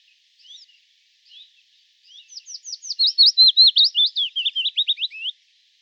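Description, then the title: Willow warbler song, starting with a few quiet notes then a clear cascading series of slurred whistles that gently falls in pitch and ends abruptly. "Sylvain Jaskowiak - Mes piafs. Pouillot fitis"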